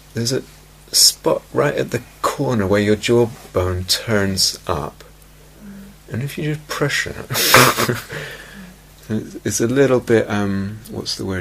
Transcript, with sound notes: There's a spot right at the corner, where your jawbone turns up, and if you press it... [laughs] It's a little bit -- what's the word?